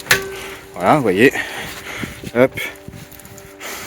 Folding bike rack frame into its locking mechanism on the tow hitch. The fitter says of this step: Donc on a entendu les deux clips,